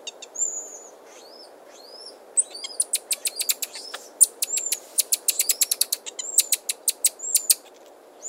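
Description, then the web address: Buffy-headed marmoset giving thin, high whistled notes, then quick clicking chirps in a rapid, irregular run, over low background hiss. Primate of the South American rainforest. "Nature Songs S America Primates of the Rainforest Buffy-headed marmoset"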